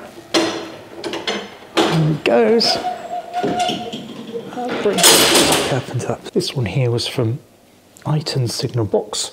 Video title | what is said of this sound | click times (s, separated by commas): Didcot Railway Centre 1 | the signal locks into place and release it again | 0.3 s